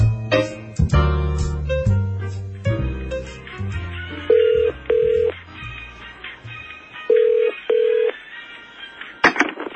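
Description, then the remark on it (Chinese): A telephone rings with an incoming call in two double bursts, each a steady, mid-pitched electronic tone, following a jumble of beeping, music-like tones at the start. No one speaks. “喂，我有电话就唔同你讲住，系咁。”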